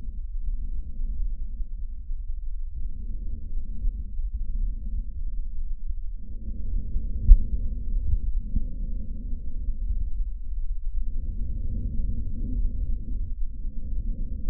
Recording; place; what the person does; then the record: lung sounds by stethoscope; trachea; quiet breathing, then deep breathing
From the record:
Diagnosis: COPD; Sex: male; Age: 70 years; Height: 174 cm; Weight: 94 kg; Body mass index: 31.0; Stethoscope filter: bell mode